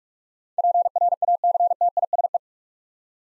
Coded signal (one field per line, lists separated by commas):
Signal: Morse code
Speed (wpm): 44 wpm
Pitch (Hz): 700 Hz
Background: none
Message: PRACTISE